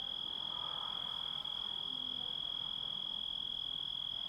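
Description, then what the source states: Grasshopper call, an unwavering high-pitched continuous whine over gentle low background noise, steady from start to finish. Composite of grasshopper sounds.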